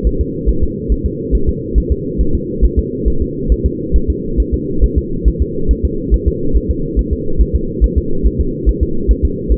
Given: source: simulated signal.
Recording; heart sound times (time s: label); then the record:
fetal heart sounds
0.07 s: S1
0.21 s: S2
0.49 s: S1
0.64 s: S2
0.92 s: S1
1.06 s: S2
1.35 s: S1
1.49 s: S2
1.78 s: S1
1.92 s: S2
2.21 s: S1
2.35 s: S2
2.65 s: S1
2.79 s: S2
3.08 s: S1
3.22 s: S2
3.52 s: S1
3.66 s: S2
3.96 s: S1
4.10 s: S2
4.40 s: S1
4.54 s: S2
4.84 s: S1
4.98 s: S2
5.28 s: S1
5.42 s: S2
5.71 s: S1
5.85 s: S2
6.14 s: S1
6.28 s: S2
6.56 s: S1
6.71 s: S2
6.99 s: S1
7.13 s: S2
7.41 s: S1
7.56 s: S2
7.84 s: S1
7.98 s: S2
8.27 s: S1
8.41 s: S2
8.69 s: S1
8.83 s: S2
9.11 s: S1
9.25 s: S2
9.52 s: S1
From the record:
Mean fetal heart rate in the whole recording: 140 bpm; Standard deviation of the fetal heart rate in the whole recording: 2 bpm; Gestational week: 34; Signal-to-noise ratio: -8.1 dB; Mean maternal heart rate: 72 bpm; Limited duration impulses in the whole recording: absent